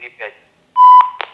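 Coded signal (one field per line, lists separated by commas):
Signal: roger beep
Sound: brief speech, then one short steady mid-pitched beep ending in a click, another click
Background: speech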